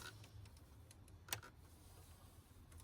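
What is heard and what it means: A second wiring connector is pushed into an engine component socket on a BMW N55 engine during a valve cover change, and it seats with a sharp click at 1.3 s. Softer ticks and light rustling surround it over a low, steady background hum.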